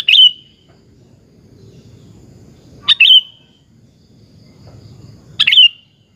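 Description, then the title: Sooty-headed bulbul calls: three short, sharp, high chirps, spaced roughly every two and a half seconds, over quiet low background hum. "Kutilang"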